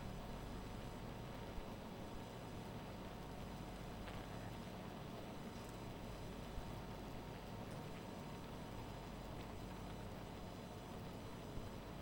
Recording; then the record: honeybee colony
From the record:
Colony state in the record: missing queen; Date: 14 July 2017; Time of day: 1:17